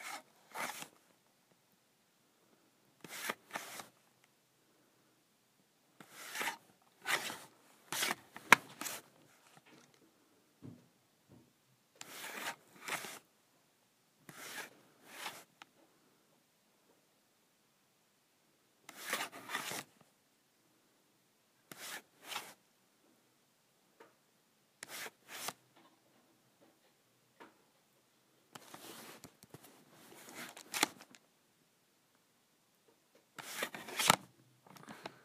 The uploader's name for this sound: Sliding my Calculator Cover